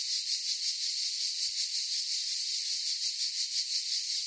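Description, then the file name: Cicadas droning in chorus, a harsh high buzz rising and falling in quick pulses. Chorus of several cicadas in a forest. "gain walkers CICADAS Forest Chorus"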